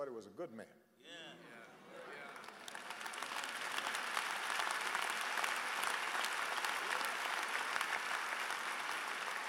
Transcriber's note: applause